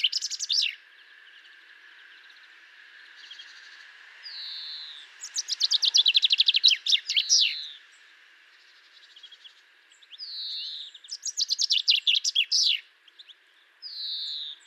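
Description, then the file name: Common chaffinch singing three descending rattling phrases with terminal flourishes, mixed with short downslurred whistles and faint twittering, over a constant background hum. "Fringilla coelebs"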